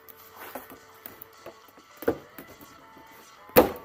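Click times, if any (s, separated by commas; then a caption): 3.6 s. A plastic headlight housing on a 2005–2010 Cobalt is pushed back into its mounting in the car's front end over background music, with scattered small knocks and a sharper hit at 2.1 s. It pops into place with a loud snap at 3.6 s, and the assembly is seated.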